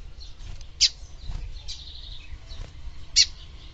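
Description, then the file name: Lined seedeater song: two sharp, bright notes about two seconds apart, with faint twittering between them over a low rumbling background. "canto do bigodinho"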